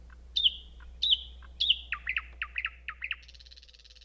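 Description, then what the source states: Thrush nightingale repeating a sharp whistle three times, then a run of paired lower notes, closing with a soft dry buzzing trill. Recorded on 3 June 2016.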